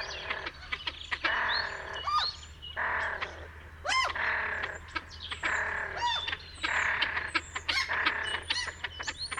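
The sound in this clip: Bird calls, a busy series of harsh, buzzy notes with sharp high chirps and rapid frequency sweeps, repeated in bursts throughout.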